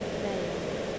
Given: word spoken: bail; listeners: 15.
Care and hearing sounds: one English word in noise, from a listening test; speech-shaped noise; -4.8 dB; 0 of 15; 7 of 15; 0.59 s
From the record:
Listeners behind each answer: 7, 2, 2, 1, 1, 1, 1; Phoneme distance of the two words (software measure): 20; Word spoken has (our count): 1 syllable, 3 phonemes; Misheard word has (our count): 1 syllable, 3 phonemes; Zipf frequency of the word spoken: 4.33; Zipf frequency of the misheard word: 3.67

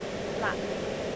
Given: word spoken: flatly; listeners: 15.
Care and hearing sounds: one English word in noise, from a listening test; speech-shaped noise; -4.7 dB; 1 of 15; 9 of 15; 0.76 s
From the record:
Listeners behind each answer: 9, 3, 1, 1, 1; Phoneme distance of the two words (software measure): 14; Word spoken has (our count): 2 syllables, 6 phonemes, stress on syllable 1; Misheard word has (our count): 1 syllable, 4 phonemes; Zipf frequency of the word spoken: 2.56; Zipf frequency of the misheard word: 4.99

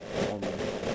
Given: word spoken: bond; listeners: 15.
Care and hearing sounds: one English word in noise, from a listening test; noise modulated by three-talker babble; -5.8 dB; 0 of 15; 8 of 15; 0.55 s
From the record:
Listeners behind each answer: 8, 1, 1, 1, 1, 1, 1, 1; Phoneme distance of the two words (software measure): 14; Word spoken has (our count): 1 syllable, 4 phonemes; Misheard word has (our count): 1 syllable, 2 phonemes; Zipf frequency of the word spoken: 4.46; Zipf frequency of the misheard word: 6.89

